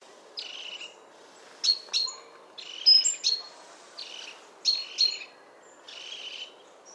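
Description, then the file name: Great tit calls, a series of buzzy high chirps mixed with sharp notes, with faint background hiss. "Parus major"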